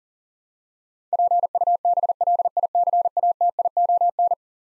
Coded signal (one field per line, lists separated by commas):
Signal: Morse code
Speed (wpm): 40 wpm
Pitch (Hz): 700 Hz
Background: none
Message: PUBLICATION